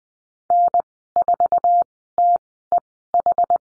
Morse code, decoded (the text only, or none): N4TEH